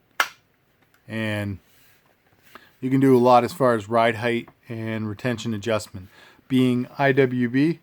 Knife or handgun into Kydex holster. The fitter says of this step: I think this thing came out nice it looks good uh it's got a great positive click in